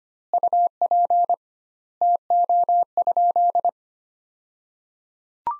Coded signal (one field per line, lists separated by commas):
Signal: Morse code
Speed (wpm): 25 wpm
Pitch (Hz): 700 Hz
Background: none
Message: UP TO?